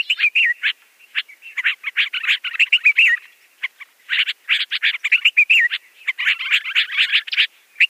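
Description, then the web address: Yellow-vented bulbul giving a busy, bubbling chatter of rapid notes, delivered in long bursts separated by short pauses. "Schulze Peter Yellow-vented Bulbul song"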